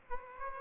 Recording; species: mosquito wingbeat signal from an infrared sensor; Aedes aegypti